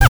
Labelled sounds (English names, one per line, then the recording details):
Zebra Finch kackle call
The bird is a male
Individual mal1